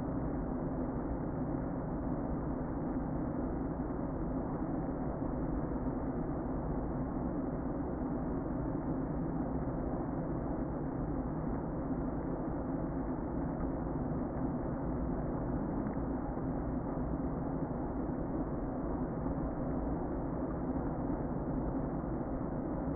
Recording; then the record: honeybee colony, microphone inside the hive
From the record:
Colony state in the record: queen present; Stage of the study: before two queens were removed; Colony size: about 60,000 bees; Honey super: yes